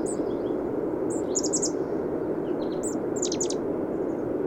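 Bird song: small groups of high-pitched, quick chirping notes, some rapid and stuttered, separated by brief gaps, over a steady broad rushing hiss.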